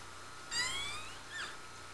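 Whale whistles: a brief harmonic upsweeping whistle, then a shorter looping whistle, over a steady background hiss.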